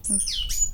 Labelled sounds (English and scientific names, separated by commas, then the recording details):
Stitchbird (Notiomystis cincta) song
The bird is a male
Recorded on Tiritiri Matangi Island, New Zealand, in 2005
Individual 22, of nest box 31